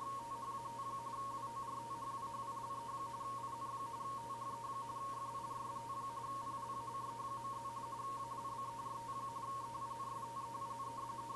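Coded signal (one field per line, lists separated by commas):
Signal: RTTY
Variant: 45.45 baud, 170 Hz shift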